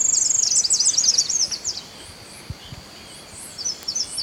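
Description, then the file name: Tropical parula phrase: a rapid run of high, sharp, buzzy notes lasting under two seconds, fading into quiet background hiss with a few faint chips. "Setophaga pitiayumi - Tropical Parula"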